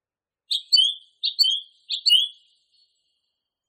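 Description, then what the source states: Song thrush song: a short two-part phrase, a bright note then a longer slurred note, repeated three times in quick succession with brief pauses. Masteran recording, used for training songbirds.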